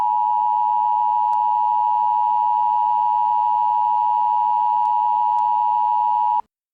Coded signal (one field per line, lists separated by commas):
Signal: Emergency Alert System (SAME) tones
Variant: 853 and 960 Hz attention tone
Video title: NATO End of the World EAS Alert